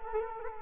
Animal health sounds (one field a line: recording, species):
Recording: mosquito wingbeat signal from an infrared sensor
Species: Culex quinquefasciatus